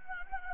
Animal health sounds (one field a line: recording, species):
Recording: mosquito wingbeat signal from an infrared sensor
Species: Anopheles gambiae